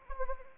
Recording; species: mosquito wingbeat signal from an infrared sensor; Anopheles arabiensis